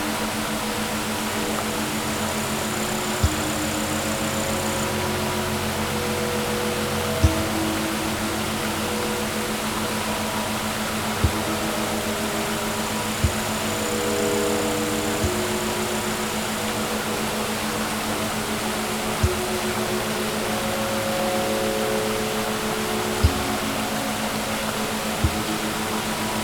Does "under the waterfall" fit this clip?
yes